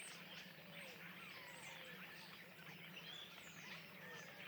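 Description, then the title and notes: Common starlings calling together, many thin slurred whistles and chirps overlapping without pause over a faint low drone. Flock perched in trees beside the Louroux pond, Le Louroux, Indre-et-Loire, France; recorded in ORTF stereo with Sennheiser MKH8020 microphones and a Sound Devices MixPre-6 II. "Le Louroux, Loches, Indre-et-Loire, Centre-Val de Loire, France métropolitaine, 37240, France - étourneaux sansonnet dans les arbres. Nuée d'étourneaux posés dans un arbre aux abords de l'étang du louroux"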